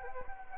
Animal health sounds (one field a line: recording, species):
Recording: mosquito wingbeat signal from an infrared sensor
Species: Anopheles arabiensis